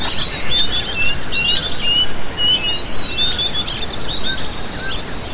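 Bird giving quick, high chirps and short whistled notes in scattered bursts, over a steady thin high whine and a constant low rumble.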